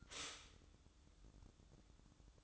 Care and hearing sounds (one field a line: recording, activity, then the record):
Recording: daily activity, microphone in the room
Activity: stop toaster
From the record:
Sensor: 3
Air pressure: 1007.1 hPa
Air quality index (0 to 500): 56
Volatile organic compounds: 1 ppm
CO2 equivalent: 597 ppm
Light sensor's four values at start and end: 9/21/9/9 and 9/21/9/9